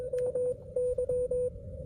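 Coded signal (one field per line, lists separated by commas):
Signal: Morse code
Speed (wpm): 24 wpm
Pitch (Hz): 500 Hz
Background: radio noise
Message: MY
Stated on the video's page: Parks on the Air activation from park US-12715 using a Xiegu X6200 with XPA125B amplifier and a Radioddity HF-009 antenna on a tripod.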